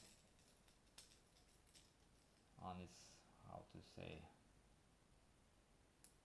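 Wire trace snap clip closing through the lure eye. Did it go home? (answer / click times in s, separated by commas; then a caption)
yes / 6.0 s. The snap clip on a twisted stainless wire lure trace is closed through the lure eye while someone talks. The clip clicks shut at 6.0 s, seating it closed.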